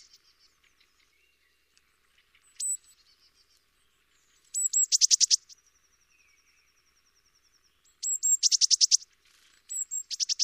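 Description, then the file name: Eurasian blue tit call series: high thin notes then rapid buzzy churring rattles, repeated three times, with a faint steady thin trill between phrases. "Cyanistes caeruleus"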